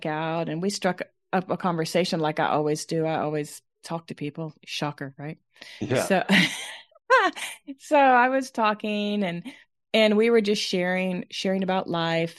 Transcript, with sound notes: And we struck up a conversation like I always do. I always talk to people. Shocker, right?
Yeah.
So (laughs) so I was talking, and we were just sharing, sharing about life,